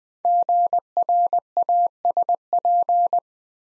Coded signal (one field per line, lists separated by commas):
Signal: Morse code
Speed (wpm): 20 wpm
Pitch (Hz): 700 Hz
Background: none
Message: GRASP